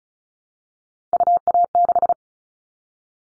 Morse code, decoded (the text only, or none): UA6